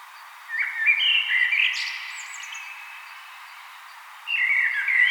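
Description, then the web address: Common blackbird song: a low, mellow fluted phrase ending in a brief high twitter, a quiet pause, then a new fluting phrase begins. "vogelstimmen amsel gesang nabu lars lachmann"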